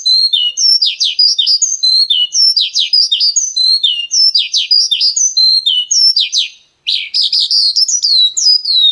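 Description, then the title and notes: Bird song, repeated phrases of sharp falling chirps and high whistles at a brisk pace, a brief gap, then a brighter burst of warbling. Birdsong recording used to train (master) pet birds. "Suara Burung. Suara Kicauan Burung untuk memaster burung kesayangan"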